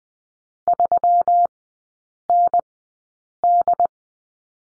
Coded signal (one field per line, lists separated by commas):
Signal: Morse code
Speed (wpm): 20 wpm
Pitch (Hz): 700 Hz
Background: none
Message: 3ND